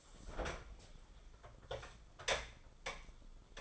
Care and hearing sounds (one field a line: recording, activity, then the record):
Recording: daily activity, microphone in the room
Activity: open fridge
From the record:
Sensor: 5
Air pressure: 994.6 hPa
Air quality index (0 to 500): 192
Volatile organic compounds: 1000 ppm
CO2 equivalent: 5668 ppm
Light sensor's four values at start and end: 32/104/40/42 and 33/106/40/43